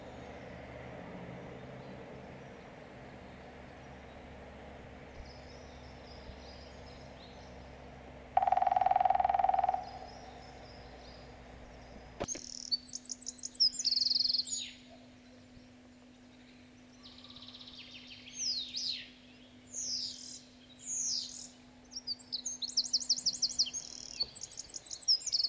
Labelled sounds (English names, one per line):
Common Chaffinch